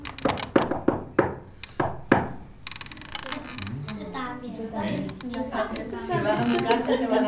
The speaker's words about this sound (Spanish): A ver, ¿hay alguno que toque de una manera especial la puerta? Por ejemplo, yo toco así.